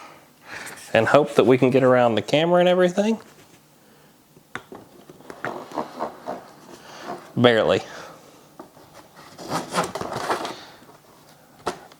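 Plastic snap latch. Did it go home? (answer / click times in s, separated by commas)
yes / 11.7 s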